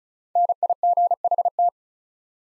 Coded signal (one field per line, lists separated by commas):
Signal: Morse code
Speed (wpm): 36 wpm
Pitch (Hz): 700 Hz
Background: none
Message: NIGHT